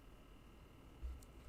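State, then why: Not seated. A small plastic building brick piece is handled and pressed onto a brick model car during building. Quiet, low handling rumble over faint background noise grows slightly louder from about 1.0 s, with a brief soft hiss near 1.2 s. Nothing has seated or clicked yet.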